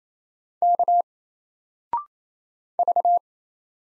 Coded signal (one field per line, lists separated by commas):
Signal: Morse code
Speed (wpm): 28 wpm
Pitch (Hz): 700 Hz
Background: none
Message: K V